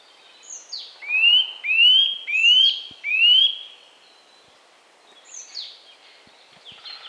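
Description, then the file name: Eurasian nuthatch calling a run of four quick rising whistles, with quieter descending notes before and after. "Sitta europaea"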